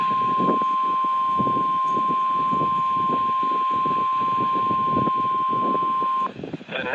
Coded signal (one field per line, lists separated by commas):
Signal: Emergency Alert System (SAME) tones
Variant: 1050 Hz attention tone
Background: speech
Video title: (EAS #443) Tornado Warning for Dane, Wisconsin